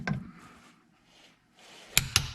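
A click-type torque wrench set to 77 lb-ft is pulled on a rear wheel hub bolt of a Jeep Patriot, with a soft knock near the start and quiet ratcheting and effort noise. It gives two sharp clicks at 2.0 and 2.2 seconds, confirming the bolt has reached the set torque.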